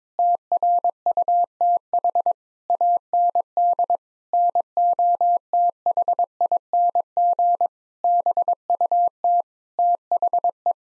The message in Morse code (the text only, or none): TRUTH AND NOTHING BUT THE